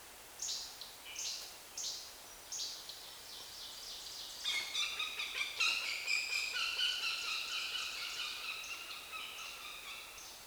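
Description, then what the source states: Northern goshawk alarm call: a few short high downslurred notes, then a dense run of harsh, nasal, harmonic cackling notes repeated rapidly for about six seconds. Alarm call, North America.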